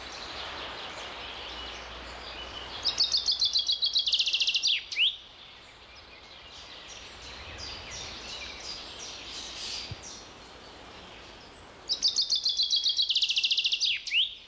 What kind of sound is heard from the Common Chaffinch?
song